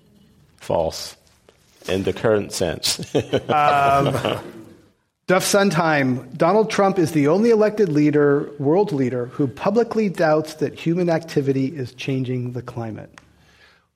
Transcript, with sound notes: False in the current sense.
[Laughter]
Duf Sundheim, Donald Trump is the only elected leader, world leader who publicly doubts that human activity is changing the climate.